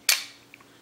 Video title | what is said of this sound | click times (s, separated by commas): Girsan Regard MC Cleaning and Maintenance | you will hear a click. | 0.1 s